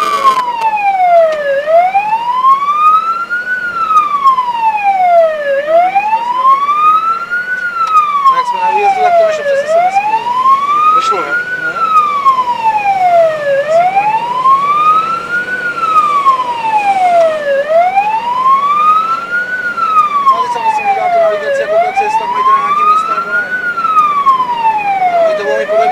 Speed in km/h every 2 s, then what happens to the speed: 36, 31, 30, 31, 33, 34, 39, 42, 47, 47, 50, 52, 55.
0-3 slows to 30. 7-26 speeds up to 55.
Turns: none.